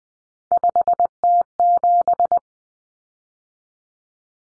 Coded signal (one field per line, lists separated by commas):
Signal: Morse code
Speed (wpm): 20 wpm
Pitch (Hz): 700 Hz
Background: none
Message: 5T7